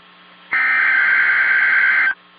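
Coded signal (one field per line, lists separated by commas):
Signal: Emergency Alert System (SAME) tones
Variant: header bursts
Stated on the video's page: Tornado watch for East Central Florida on NOAA Weather Radio, shown with a WeatherSTAR 4000.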